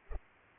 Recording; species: mosquito wingbeat signal from an infrared sensor; Culex pipiens